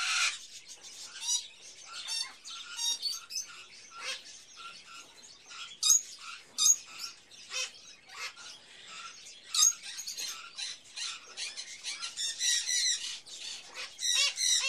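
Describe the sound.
Hatchling bird chirping: a fast, busy stream of scratchy high chirps and squeaks, irregular and overlapping.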